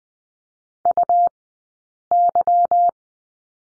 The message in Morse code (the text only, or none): UY